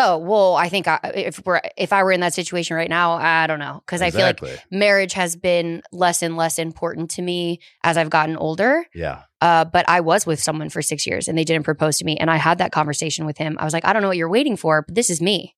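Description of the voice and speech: Clear, fluent conversational speech from one adult woman with natural pitch and ordinary pauses; no speech disorder.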